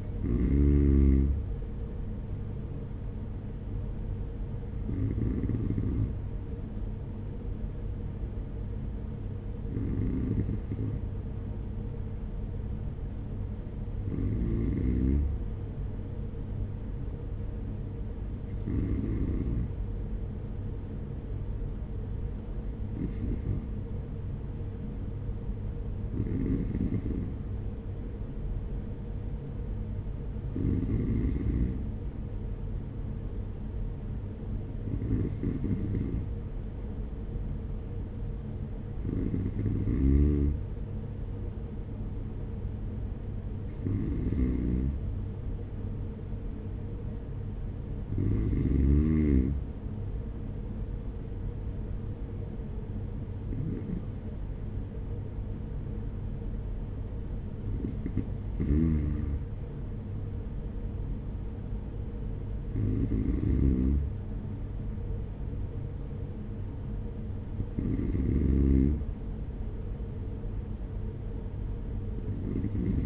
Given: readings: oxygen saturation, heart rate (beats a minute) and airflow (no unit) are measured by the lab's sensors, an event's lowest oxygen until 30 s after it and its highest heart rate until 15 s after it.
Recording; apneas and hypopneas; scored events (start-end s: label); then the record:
breathing in sleep by a smartphone at the bedside; none
none scored
From the record:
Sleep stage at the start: N2 (light sleep); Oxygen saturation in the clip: 93 to 94%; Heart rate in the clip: 44 to 50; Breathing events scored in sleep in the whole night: 210 in 6.9 hours asleep